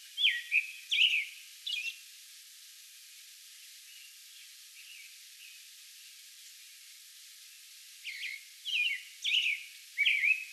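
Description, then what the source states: American robin whistled phrases at the start and end with a quiet gap in between holding only faint notes. A song bout recorded on May 11.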